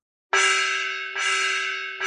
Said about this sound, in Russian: Звук тревожного гонга прокатился по лагерю, заставляя меня подскочить с кровати и первым делом схватиться за ублюдка.